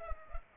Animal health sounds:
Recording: mosquito wingbeat signal from an infrared sensor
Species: Culex pipiens

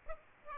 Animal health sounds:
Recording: mosquito wingbeat signal from an infrared sensor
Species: Aedes aegypti

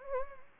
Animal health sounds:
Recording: mosquito wingbeat signal from an infrared sensor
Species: Anopheles gambiae

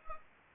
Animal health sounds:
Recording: mosquito wingbeat signal from an infrared sensor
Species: Anopheles gambiae

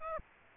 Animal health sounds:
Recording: mosquito wingbeat signal from an infrared sensor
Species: Aedes aegypti

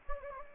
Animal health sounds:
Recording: mosquito wingbeat signal from an infrared sensor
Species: Anopheles gambiae

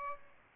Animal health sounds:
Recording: mosquito wingbeat signal from an infrared sensor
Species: Aedes albopictus

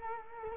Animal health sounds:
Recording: mosquito wingbeat signal from an infrared sensor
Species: Culex quinquefasciatus

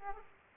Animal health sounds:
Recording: mosquito wingbeat signal from an infrared sensor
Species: Aedes aegypti

